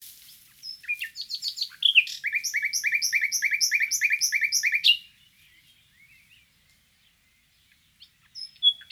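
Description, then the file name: Common nightingale song: thin notes building into a long, rapid series of loud repeated chirping notes, followed by quiet pause and a couple of short whistles. "Luscinia megarhynchos"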